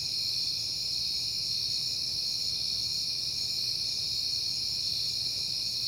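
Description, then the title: Crickets keep up a continuous piercing chorus throughout, with a gentle low hum in the background. Crickets at night in September, on a peaceful night. "Night Time: Crickets and Passing Cars"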